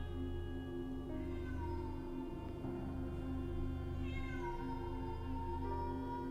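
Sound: feral cat yowling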